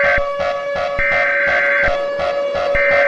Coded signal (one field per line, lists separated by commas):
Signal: Emergency Alert System (SAME) tones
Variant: header bursts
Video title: EAS Scenario - Skin Walker Part Two